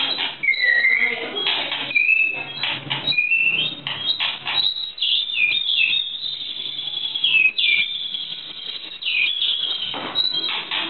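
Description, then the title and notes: White-rumped shama song, a dense, fast stream of high chirps and short whistled slurs with hardly a break. Masteran (training) recording of white-rumped shama (murai batu). "Masteran Murai Batu"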